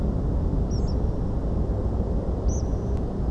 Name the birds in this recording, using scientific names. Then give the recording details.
Anthus trivialis, Muscicapa striata. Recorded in France